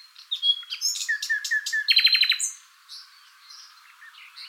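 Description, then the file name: Common nightingale song: a varied phrase of whistles and low notes, then a fast rattling series of sharp repeated notes, followed by fainter notes. "Luscinia megarhynchos"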